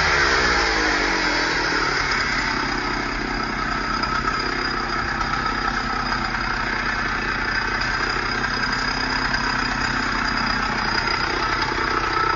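A chainsaw engine runs steadily for the whole stretch at a constant, buzzing pitch, with a dense rasping whine on top. In the first two seconds the tone slides as the engine settles, then it holds level without cutting bursts or pauses.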